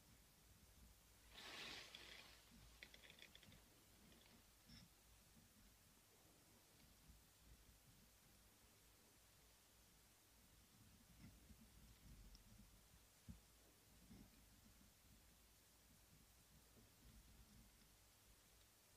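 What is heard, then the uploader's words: Quiet ear-cleaning sounds: soft rubbing and faint crackles. A brighter scratching burst comes around two seconds in, then gentle low rustles and occasional small clicks continue over a steady hush, with a sharper tap near thirteen seconds. ASMR INNER EAR CLEANING STRESS RELIEF.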